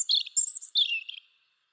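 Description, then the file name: European robin, a short burst of high, thin whistles and quick twitters. "Erithacus rubecula"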